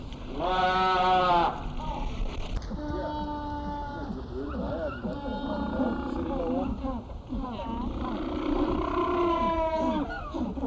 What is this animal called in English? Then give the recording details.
African Penguin. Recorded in captivity. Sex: group. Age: diverse. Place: Zoo Berlin, Berlin, DE. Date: 1996-01-06 14:28. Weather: bedeckt, -4°C. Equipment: Sony WM-D6C, Sennheiser ME 80, Kopie Uher 4000 Report Monitor. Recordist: Tembrock, Günter. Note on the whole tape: Ca. 20 Tiere: diverse Aufnahmen: Paare, einzeln, Dreiergruppe, Rufreihen, Paar- Rufen, Lautfolgen geduckt in Mulde, Lautfolgen gegen andere gerichtet (längere Strecke, sehr gut). 14.28 - 14.34 Uhr